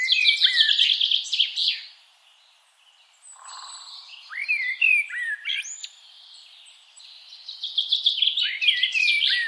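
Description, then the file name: Eurasian blackbird giving loud phrases of high squeaky twittering mixed with lower mellow whistled slurs, a brief pause, then a further run of warbling and chatter. "Turdus merula"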